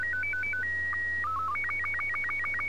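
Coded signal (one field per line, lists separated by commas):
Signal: SSTV (slow-scan television)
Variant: Robot 36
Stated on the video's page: SSTV images converted to WAV files and played from the transceiver's voice memories, with RS-BA1 in use.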